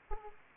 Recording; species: mosquito wingbeat signal from an infrared sensor; Aedes aegypti